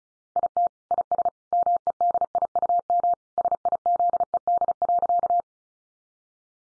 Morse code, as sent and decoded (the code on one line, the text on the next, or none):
.. - / .. ... / -- . -.. .. ..- -- / ... .. --.. . -.. .-.-.-
IT IS MEDIUM SIZED.